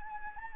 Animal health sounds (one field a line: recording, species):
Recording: mosquito wingbeat signal from an infrared sensor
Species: Anopheles arabiensis